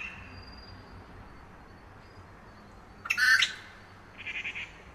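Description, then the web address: Grey treepie making a single rough, buzzy squawk after a quiet stretch, followed by a brief series of softer rattling notes. Recorded at Yushan. "樹鵲 Yushan"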